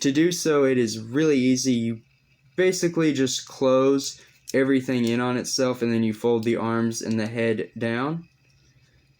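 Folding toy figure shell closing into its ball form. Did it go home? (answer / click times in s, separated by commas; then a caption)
no / none. A plastic Bakugan toy figure is handled as it is folded toward its ball form, with everything closed in on itself and the arms and head folded down while someone talks. The shell has not seated or clicked shut yet by the end of the clip.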